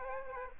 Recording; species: mosquito wingbeat signal from an infrared sensor; Aedes aegypti